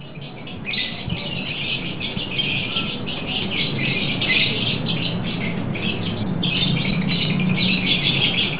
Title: love bird